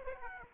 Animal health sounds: mosquito wingbeat signal from an infrared sensor; Aedes aegypti

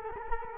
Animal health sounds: mosquito wingbeat signal from an infrared sensor; Culex quinquefasciatus

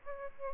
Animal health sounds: mosquito wingbeat signal from an infrared sensor; Aedes albopictus

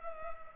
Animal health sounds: mosquito wingbeat signal from an infrared sensor; Culex pipiens

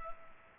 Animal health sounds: mosquito wingbeat signal from an infrared sensor; Culex pipiens

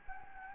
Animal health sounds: mosquito wingbeat signal from an infrared sensor; Anopheles gambiae

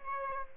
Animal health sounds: mosquito wingbeat signal from an infrared sensor; Aedes aegypti

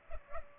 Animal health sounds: mosquito wingbeat signal from an infrared sensor; Culex pipiens

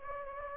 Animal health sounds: mosquito wingbeat signal from an infrared sensor; Anopheles gambiae

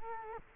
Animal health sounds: mosquito wingbeat signal from an infrared sensor; Culex quinquefasciatus

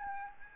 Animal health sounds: mosquito wingbeat signal from an infrared sensor; Aedes albopictus

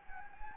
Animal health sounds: mosquito wingbeat signal from an infrared sensor; Anopheles gambiae

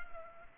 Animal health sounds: mosquito wingbeat signal from an infrared sensor; Culex pipiens

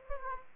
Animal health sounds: mosquito wingbeat signal from an infrared sensor; Aedes aegypti

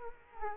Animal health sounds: mosquito wingbeat signal from an infrared sensor; Culex quinquefasciatus

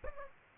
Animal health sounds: mosquito wingbeat signal from an infrared sensor; Aedes aegypti

